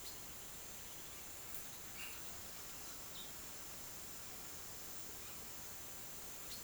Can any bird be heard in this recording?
no